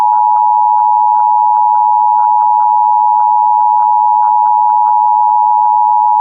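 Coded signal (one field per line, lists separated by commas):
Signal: Emergency Alert System (SAME) tones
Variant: 853 and 960 Hz attention tone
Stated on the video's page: Real EAS alert from the National Weather Service, a Severe Thunderstorm Warning.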